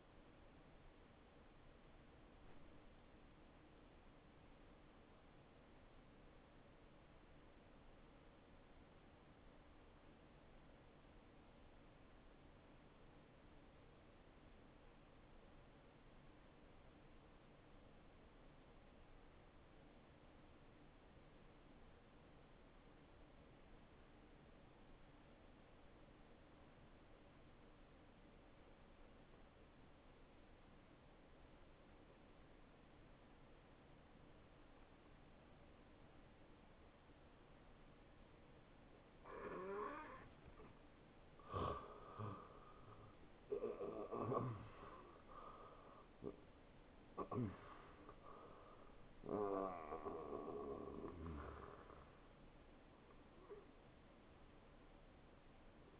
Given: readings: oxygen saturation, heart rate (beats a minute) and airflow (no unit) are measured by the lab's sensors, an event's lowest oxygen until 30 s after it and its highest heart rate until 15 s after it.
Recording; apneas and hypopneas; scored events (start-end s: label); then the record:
breathing in sleep by a voice recorder at the bedside; 1
4.00-42.10 s: obstructive apnea (N2, oxygen 92% highest, then 82% lowest, heart rate 73 at the start, 78 highest)
40.00-56.00 s: new sleep stage, N1 (lightest sleep)
From the record:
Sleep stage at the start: N2 (light sleep); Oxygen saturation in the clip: 86 to 92%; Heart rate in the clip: 61 to 78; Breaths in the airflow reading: 3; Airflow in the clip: -12.9 to 9.8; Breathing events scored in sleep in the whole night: 263 in 5.5 hours asleep